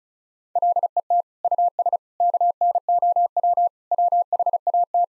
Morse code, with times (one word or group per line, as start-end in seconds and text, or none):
0.6-1.2 LET
1.4-2.0 US
2.2-3.7 KNOW
3.9-5.0 WHAT